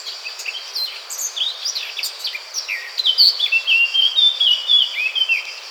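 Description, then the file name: Eurasian blackcap song: a hurried, scratchy warble followed by a bright burst of loud, pure whistles that dip and rise in pitch. "Sylvia atricapilla"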